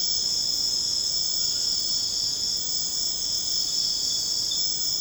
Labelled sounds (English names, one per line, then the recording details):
none
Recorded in secondary vegetation near Puerto Asís, Putumayo, Colombia, on 13 March 2025 at 01:00
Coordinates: 0.485, -76.322
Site G040